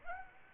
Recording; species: mosquito wingbeat signal from an infrared sensor; Aedes aegypti